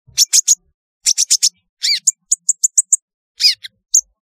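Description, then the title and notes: Sunbird calls: clusters of three or four sharp high chirps, then a rough squeak and a short rapid series of thin notes. "Kicau Burung Kolibri"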